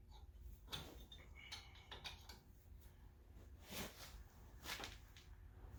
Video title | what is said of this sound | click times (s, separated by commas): 2014 Dodge Durango Brakes&Service | Didn't you guys hear that click? | 4.8 s